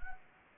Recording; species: mosquito wingbeat signal from an infrared sensor; Anopheles gambiae